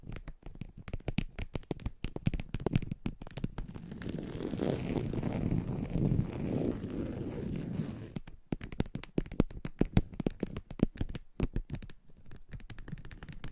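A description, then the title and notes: Crisp nail tapping and scratching on a hard surface, with rapid irregular clicks from the start to about 4 seconds. Between roughly 4 and 8 seconds it turns into a denser, continuous scraping rub, then sharp separate taps return through the end. ASMR Surface Scratching - Tapping - Tracing Hypnotic Asmr No Talking for Sleep with Long Nails.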